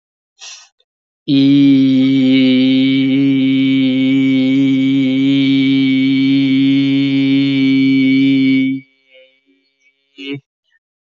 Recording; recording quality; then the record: sustained vowel as in beet; excellent, no background noise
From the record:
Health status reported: healthy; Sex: male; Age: 20 years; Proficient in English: yes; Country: India